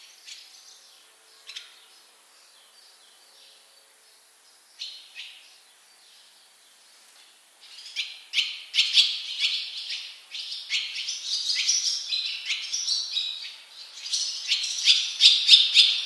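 Barn swallow chirps: scattered high calls at first, then a dense, fast, twittering run of rapid notes building in loudness toward the end.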